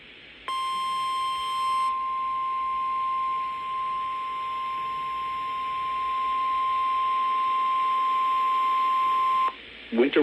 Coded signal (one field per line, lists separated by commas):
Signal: Emergency Alert System (SAME) tones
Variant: 1050 Hz attention tone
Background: speech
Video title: Winter Storm Watches (EAS #1,800 - 1,801)